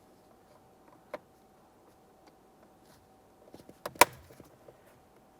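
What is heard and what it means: A new wiper switch for a 2008-2017 Mitsubishi Lancer is lined up by its locking tabs and pressed in toward the steering column, into the steering column switch housing, until it locks. After a faint tick at 1.1 s and soft rustling handling sounds, a small tick comes at 3.9 s, followed by a loud, sharp snap at 4.0 s. The switch is seated and confirmed secured.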